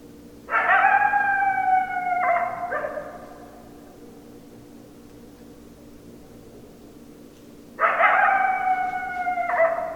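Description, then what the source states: Coyote giving two sustained howls about seven seconds apart, each ending with a quick lower step, quiet background between them. 10 December 2012.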